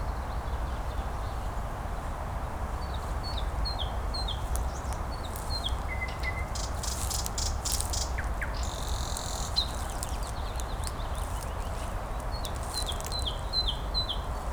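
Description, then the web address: Nightingale song: short series of repeated descending notes, a flat whistle, rattling bursts and a final run of chips, with a steady low rumble. "slowik spiew slowika"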